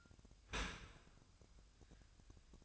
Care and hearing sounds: daily activity, microphone in the room; open dishwasher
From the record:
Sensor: 2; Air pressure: 1004.6 hPa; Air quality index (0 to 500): 113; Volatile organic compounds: 3 ppm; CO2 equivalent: 1366 ppm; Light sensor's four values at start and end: 6/15/6/6 and 6/15/6/6

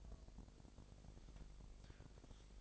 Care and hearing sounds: daily activity, microphone in the room; take from stove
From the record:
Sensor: 5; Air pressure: 999.4 hPa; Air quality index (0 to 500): 223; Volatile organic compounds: 21 ppm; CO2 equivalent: 2723 ppm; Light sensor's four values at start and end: 31/70/29/28 and 32/73/29/29

